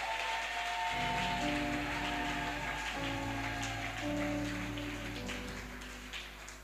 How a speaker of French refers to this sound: Bien-aimés, applaudissons pour la gloire de Dieu.